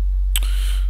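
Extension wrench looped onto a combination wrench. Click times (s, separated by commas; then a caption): 0.4 s. A larger combination wrench is looped onto the end of a 14 mm combination wrench as a leverage extension for the belt tensioner on a 2005 Acura TSX. The steel wrenches lock together with a sharp metallic clack at 0.4 s, followed by a softer knock and a ringing tail over a low steady hum. The extension is locked in place.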